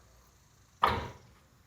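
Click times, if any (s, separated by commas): 0.8 s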